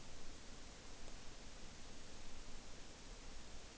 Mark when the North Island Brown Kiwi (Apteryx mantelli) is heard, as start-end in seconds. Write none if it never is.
none